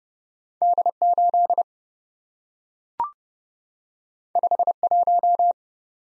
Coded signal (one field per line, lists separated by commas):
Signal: Morse code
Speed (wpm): 30 wpm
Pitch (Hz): 700 Hz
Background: none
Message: D8 51